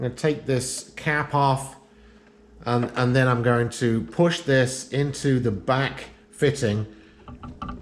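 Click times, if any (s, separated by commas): none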